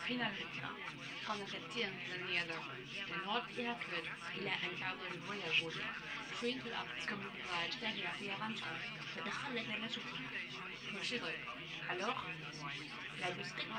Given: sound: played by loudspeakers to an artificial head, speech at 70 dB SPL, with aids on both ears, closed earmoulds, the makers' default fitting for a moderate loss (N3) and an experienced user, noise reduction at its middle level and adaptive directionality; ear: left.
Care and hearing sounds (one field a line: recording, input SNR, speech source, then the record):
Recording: speech test signal (ISTS) in cocktail-party noise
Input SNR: +3 dB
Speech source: on the right (90 degrees)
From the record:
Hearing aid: class 2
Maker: F